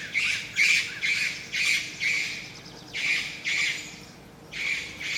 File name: buff faced pygmy parrot at walindi resort new britain island papua new guinea